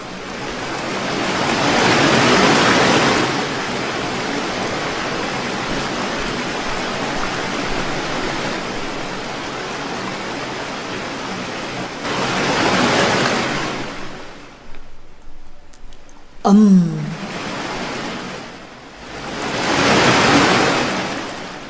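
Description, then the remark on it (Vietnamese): Ocean surf roars in broad, hissing swells on a rough sea, with loud crashes near the start and toward the end, a brief lull between, and a short creaking groan just before the final wave breaks as a boat pushes through the crest of a towering wall of water. “Họ đã bò lên được bề mặt bức tường nước, xuyên qua đầu ngọn sóng.”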